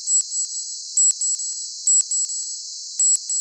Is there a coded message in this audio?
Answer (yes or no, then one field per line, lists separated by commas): no